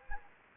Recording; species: mosquito wingbeat signal from an infrared sensor; Anopheles gambiae